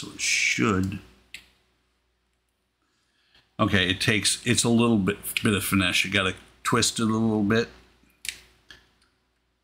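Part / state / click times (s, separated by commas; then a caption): plastic stabilizer part onto a pin on a model foot bracket / not seated / none. Someone talks while twisting the right plastic stabilizer of a model kit foot and pushing it over a D-shaped pin on the bracket, with a few short, faint ticks near the end. The part is meant to snap in place, but it only pushes on and nothing has snapped or clicked.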